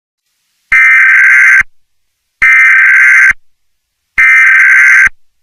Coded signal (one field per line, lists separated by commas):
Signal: Emergency Alert System (SAME) tones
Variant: header bursts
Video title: GX4-25 an EAS Scenario